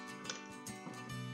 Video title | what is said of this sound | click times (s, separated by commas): ComfyGo X-9 Electric Wheelchair with Automatic Recline: Installation & Assembly Guide | You're going to hear a snap on each one of these. | 0.3 s